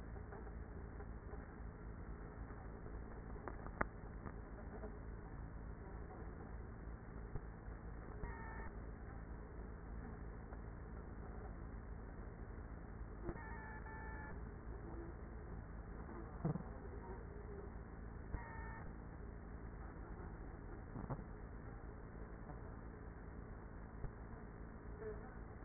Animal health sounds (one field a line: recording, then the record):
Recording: honeybee colony, microphone inside the hive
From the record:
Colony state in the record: queenless with a low population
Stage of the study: after two queens were removed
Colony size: about 30,000 bees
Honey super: no